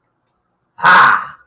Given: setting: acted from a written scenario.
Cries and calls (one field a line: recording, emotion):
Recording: vocal sound without words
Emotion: pride